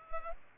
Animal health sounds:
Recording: mosquito wingbeat signal from an infrared sensor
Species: Culex pipiens

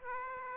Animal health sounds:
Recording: mosquito wingbeat signal from an infrared sensor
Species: Aedes aegypti

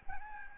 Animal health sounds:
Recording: mosquito wingbeat signal from an infrared sensor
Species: Aedes albopictus

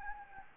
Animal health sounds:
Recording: mosquito wingbeat signal from an infrared sensor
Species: Anopheles gambiae

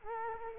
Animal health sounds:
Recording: mosquito wingbeat signal from an infrared sensor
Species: Culex quinquefasciatus

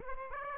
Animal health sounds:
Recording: mosquito wingbeat signal from an infrared sensor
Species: Aedes aegypti

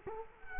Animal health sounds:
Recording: mosquito wingbeat signal from an infrared sensor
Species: Culex quinquefasciatus

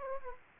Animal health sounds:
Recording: mosquito wingbeat signal from an infrared sensor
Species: Aedes aegypti

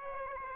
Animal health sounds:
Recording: mosquito wingbeat signal from an infrared sensor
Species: Aedes aegypti

